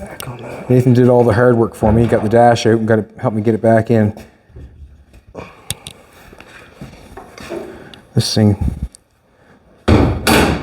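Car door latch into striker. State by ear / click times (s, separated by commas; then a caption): seated / 9.9 s, 10.3 s. Someone talks, then a car door on a chopped-roof car is shut after its dash has been refitted. The latch clicks into the striker at 9.9 s and again at 10.3 s, going through both catches to the second catch, and the door is fully seated.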